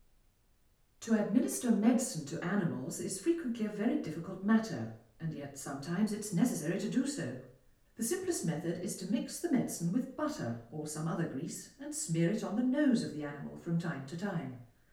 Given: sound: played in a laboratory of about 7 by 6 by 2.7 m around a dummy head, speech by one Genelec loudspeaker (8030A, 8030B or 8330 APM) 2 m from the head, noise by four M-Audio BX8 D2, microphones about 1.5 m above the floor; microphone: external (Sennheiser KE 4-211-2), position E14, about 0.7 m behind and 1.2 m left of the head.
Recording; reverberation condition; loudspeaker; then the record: female speech in English; medium; 60 degrees to the right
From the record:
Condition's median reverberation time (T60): about 510 ms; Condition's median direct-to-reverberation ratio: about -0.5 dB